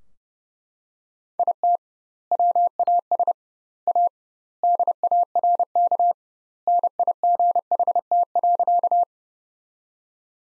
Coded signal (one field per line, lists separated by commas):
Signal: Morse code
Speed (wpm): 30 wpm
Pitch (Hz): 700 Hz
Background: none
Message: IT WAS A DARK NIGHT.